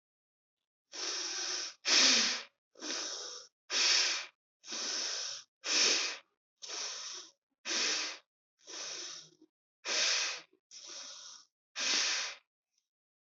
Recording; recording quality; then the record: shallow breathing; excellent, no background noise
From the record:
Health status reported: healthy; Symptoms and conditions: none ticked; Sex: female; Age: 31 years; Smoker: not ticked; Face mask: not worn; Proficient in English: yes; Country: India